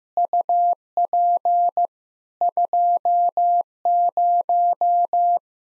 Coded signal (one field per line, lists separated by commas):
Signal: Morse code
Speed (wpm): 15 wpm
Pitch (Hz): 700 Hz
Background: none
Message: UP 20